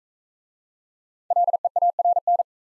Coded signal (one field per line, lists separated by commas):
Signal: Morse code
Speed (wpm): 40 wpm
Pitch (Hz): 700 Hz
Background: none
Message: LEARN